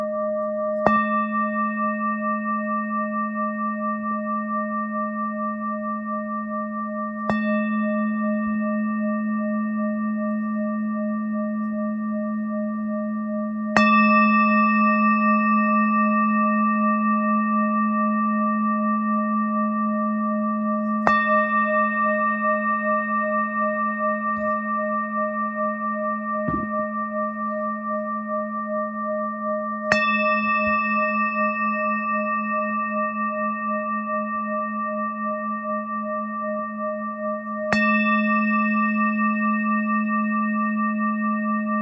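A Tibetan singing bowl hums with a steady, rich ring, low fundamental beneath clear bright overtones that waver gently. It is struck about every seven seconds, each strike adding a soft metallic attack before the sustained tone slowly fades, never dying out between strikes.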